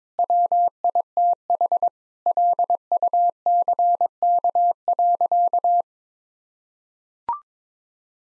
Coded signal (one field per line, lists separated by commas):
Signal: Morse code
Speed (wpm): 22 wpm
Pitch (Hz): 700 Hz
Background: none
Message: WITH LUCK.